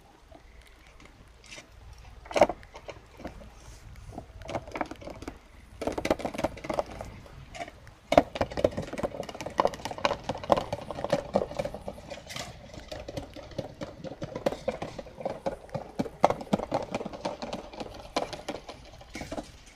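Jar tapping and bubbles: irregular bright clicks and taps over a busy mid-range bubbling that thickens after six seconds, with a sharp knock near eight.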